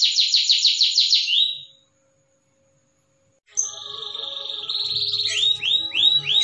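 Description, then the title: Canary gives a fast rolling trill, falls silent for about two seconds, then resumes with a buzzy trill and looping slurred whistles. Cengkok song style, a canary song pattern sought by contest judges. "Cengkok kenari mewah yang di cari juri"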